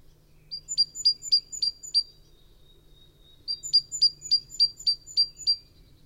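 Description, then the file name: Great tit calling in two bursts of high, clipped notes, roughly six then eight, separated by a pause of about one and a half seconds, with faint low hum beneath. "Parus major"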